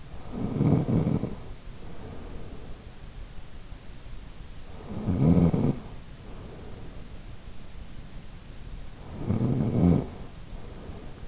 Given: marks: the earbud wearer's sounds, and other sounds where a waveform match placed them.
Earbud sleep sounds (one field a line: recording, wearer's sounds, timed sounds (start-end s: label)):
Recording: sounds in sleep by an in-ear microphone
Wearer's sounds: snoring breath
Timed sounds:
0.00-2.62 s: snoring breath
4.54-7.54 s: snoring breath
8.88-11.28 s: snoring breath